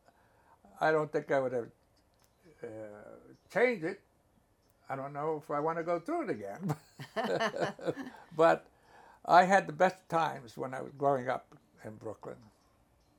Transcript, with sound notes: I don't think I would've changed it. I don't know if I want to go through it again (all laugh). But I had the best times when I was growing up in Brooklyn.